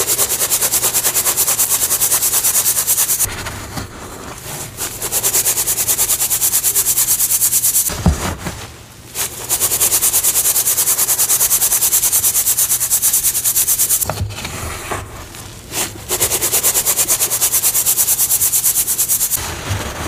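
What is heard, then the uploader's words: Gym chalk slabs are rubbed and crumbled, making a dense, bright, gritty scraping that runs almost continuously. The rubbing pauses briefly around 3, 8, 14 and 19 seconds, with a few soft thuds, while a faint low hum sits underneath. Gym Chalk Reformed Slabs + Intense Powder Play. Crispy gritty crunchy reformed gym chalk crumbles and oddly satisfying asmr sounds.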